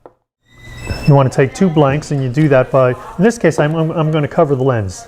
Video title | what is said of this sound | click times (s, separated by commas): Argus A2B | hook this on to the side and we'll close this ah ya hear that snap you | 0.1 s